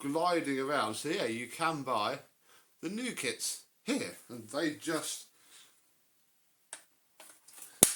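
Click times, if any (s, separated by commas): 7.8 s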